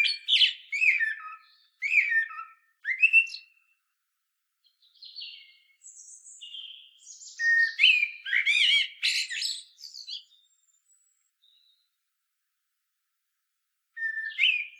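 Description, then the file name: Common blackbird delivering several fluted warbling phrases mixed with shrill squeaky twitters, a long pause, then a final short whistled phrase. "Turdus merula"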